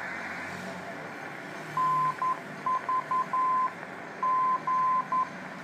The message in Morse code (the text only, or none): NVG